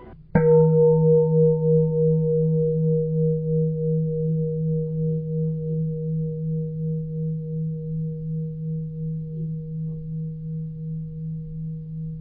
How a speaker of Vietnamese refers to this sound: Chuông chánh niệm. Theo truyền thống, ở chùa ta thường dùng chuông để nhắc nhở mọi người trở về với giây phút hiện tại. Mỗi khi nghe chuông, chúng ta ngừng nói chuyện, ngừng suy nghĩ, mỉm cười và quay về với hơi thở, với chính mình.